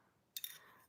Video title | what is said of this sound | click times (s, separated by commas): Thursday Live!!! Are You Ready??? #jewelry #gemstones | Um and it has a good click, you know. Did you hear that? | 0.4 s